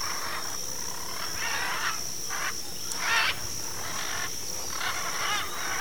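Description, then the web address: Military macaw calls as a series of coarse, grating squawks repeated several times, with a constant thin high whine underneath. Recorded in Ecuador. "Birds of Ecuador. Military Macaw"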